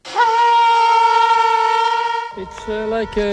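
A shofar, a ram's horn, is blown as the signal to set off on a march from the gate of the former German death camp Auschwitz toward the crematorium ruins at Birkenau: one long, steady, brassy blast held for about two seconds, then a few short broken notes that dip lower in pitch, loud and with no voices over it.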